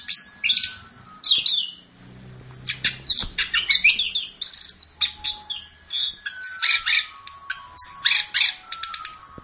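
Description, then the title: Long-tailed shrike song: rapid, varied high chirps, squeaks and short whistles tumbling together without pause, with a few brief steady tones in between. "Audio Cendet Pentet"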